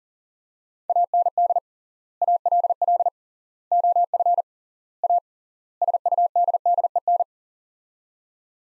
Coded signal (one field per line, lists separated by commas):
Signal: Morse code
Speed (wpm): 37 wpm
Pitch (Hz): 700 Hz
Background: none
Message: AND ALL OF A SUDDEN